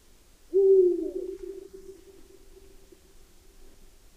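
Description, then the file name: Eurasian eagle-owl with one deep hoot near the start, then a long, gradually fading tone, followed by about a second of near silence. "Berguv"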